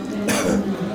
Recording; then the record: coughing mixed with background sound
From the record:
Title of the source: Spring Cold Coughing 3